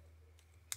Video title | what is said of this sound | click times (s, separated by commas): How Does Flat Foot Shifting Work? Never Lose Boost Between Shifts! (Haltech NEXUS) | boom boom boom and now it's locked in again | 0.7 s